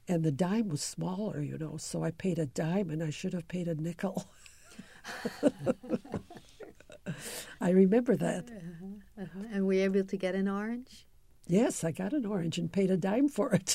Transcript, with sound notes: And the dime was smaller, you know. So I paid a dime and I should have paid a nickel. [laughter] I remember that.
Uh-huh, uh-huh. And were you able to get an orange?
Yes, I got an orange and paid a dime for it.